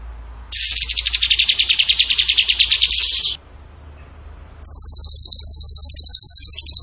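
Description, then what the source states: Bird song of fast, repeated trilled notes: a long buzzy trill that starts high and drops, a short pause, then a steady high rattling trill. Masteran (training recording) for songbirds in the tembakan gacor style.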